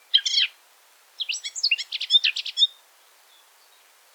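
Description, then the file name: Eurasian blackcap song, a short scratchy warble, then a longer run of quick, varied chattering notes after a brief pause. "Sylvia atricapilla"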